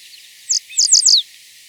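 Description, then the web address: Band-tailed Sierra-Finch giving one brief high note followed by a rapid burst of three descending notes. Recorded in Ecuador. "Birds of Ecuador. Band-Tailed Sierra-Finch"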